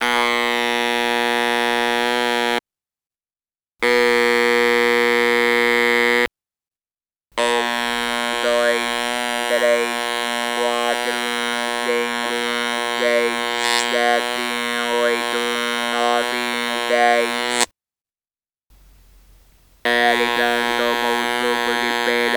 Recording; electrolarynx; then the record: speech with an electrolarynx; conventional device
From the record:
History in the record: total laryngectomy